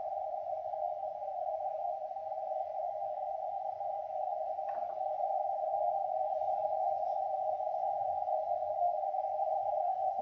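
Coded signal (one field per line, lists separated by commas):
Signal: radio time signal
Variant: RWM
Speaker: time pips right now right can you confirm that Richard time pips I mean hearing they're weak difficult to hear but I'm hearing time pips right now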